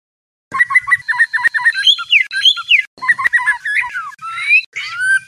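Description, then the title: White-rumped shama song: short clusters of rich whistles, each followed by bright rising and falling slurred notes, the pattern given twice, with two sharp clicks. Song in labaik style, used for training other birds. "MASTERAN MURAI BATU LABAIK"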